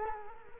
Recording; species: mosquito wingbeat signal from an infrared sensor; Culex quinquefasciatus